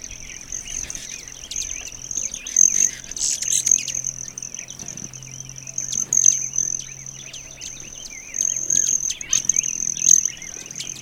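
Broad-tailed hummingbird, a steady high metallic trill held throughout with sharp clicking chips, with varied twittering lower down and a low hum beneath.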